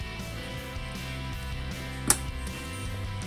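A RAM module is pressed into a motherboard memory slot, and the second end of the stick goes home so the white slot tab snaps closed. A single sharp click is heard at 2.1 s over steady background music. The RAM stick is seated.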